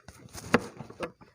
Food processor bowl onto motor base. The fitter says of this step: bunyi krek gitu ya HP